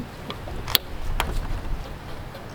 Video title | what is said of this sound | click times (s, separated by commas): ACURA TL GETS LED SIDE MARKERS | okay I heard it click on both sides so now just test it out and make sure it works | 0.8 s, 1.2 s